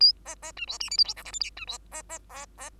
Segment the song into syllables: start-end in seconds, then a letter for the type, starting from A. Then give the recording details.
0.00-0.13 A, 0.25-0.35 B, 0.42-0.52 B, 0.56-0.66 C, 0.67-0.78 D, 0.80-0.90 E, 0.90-0.97 F, 0.98-1.04 G, 1.04-1.14 H, 1.16-1.24 I, 1.25-1.32 J, 1.33-1.40 K, 1.40-1.50 L, 1.56-1.65 C, 1.67-1.78 D, 1.91-2.02 B, 2.09-2.19 B, 2.29-2.46 M, 2.58-2.70 M. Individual Bird2